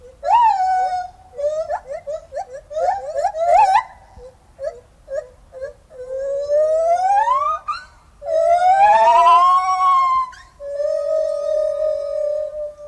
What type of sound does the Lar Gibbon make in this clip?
song